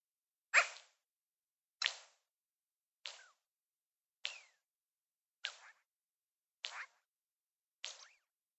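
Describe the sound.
Magpie uttering seven rough, grating chack notes, one about every 1.2 seconds, the first loudest, against silence.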